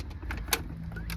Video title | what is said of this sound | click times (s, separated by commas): Audio system work | hear it click | 0.5 s